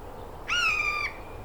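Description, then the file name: Eurasian jay giving a single drawn-out, nasal, fairly level call lasting just over half a second, against quiet low background noise. "Garrulus glandarius"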